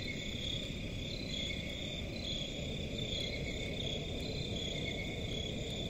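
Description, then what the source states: Steady cricket chirping, high pulsing trills repeating evenly at a few pitches, with an unbroken low rumble underneath. Crickets in a forest at night, presented as a relaxing forest ambience.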